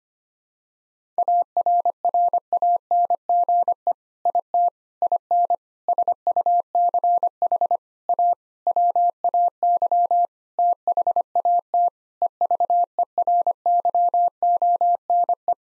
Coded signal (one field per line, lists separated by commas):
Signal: Morse code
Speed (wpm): 25 wpm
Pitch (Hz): 700 Hz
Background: none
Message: ARRANGE IT IN SUCH A WAY THAT EVERYONE